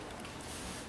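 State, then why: Not seated. A wiring harness connector is being pushed onto the ignition coil of a 2013 F150 EcoBoost engine. Only steady broadband handling noise is heard, with no sudden sounds. Nothing has seated or clicked yet.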